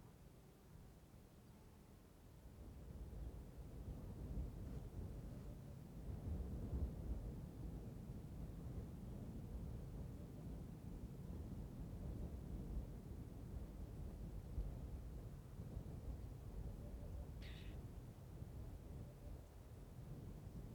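Wind roars across open ground in Mongolia, a dense low rumble with gusts that buffet the microphone. It swells after the first couple of seconds and stays strong and steady, with a brief bright squeak near seventeen seconds.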